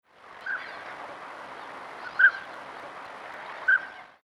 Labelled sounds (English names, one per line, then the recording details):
Northern Pintail
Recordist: Tembrock, Günter
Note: Rufe eines Erpels